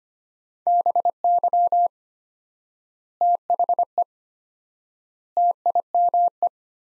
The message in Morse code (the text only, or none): BY THE TIME